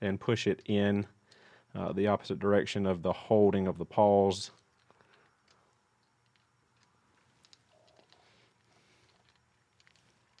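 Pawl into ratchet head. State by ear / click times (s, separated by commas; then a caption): not seated / none. A steel pawl is turned into the head of a compact 3/8-inch drive Snap-on ratchet (THLLF72/TLLF72 conversion) and pushed against its holding direction. Someone talks for the first four and a half seconds, then quiet handling follows with a few faint, sharp ticks. Nothing has seated or clicked into place yet when the clip ends.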